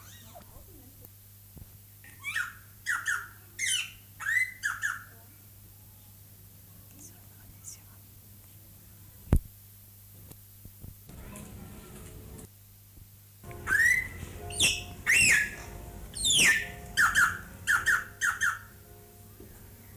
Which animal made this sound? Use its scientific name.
Coracopsis vasa